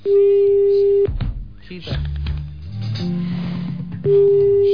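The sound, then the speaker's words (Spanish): A steady, buzzing electronic telephone tone from a dropped line sounds for about a second, gives way to voices and clatter, then returns just as loud at the end. “Estaba hablando con usted recién, parece que se me cortó el teléfono.”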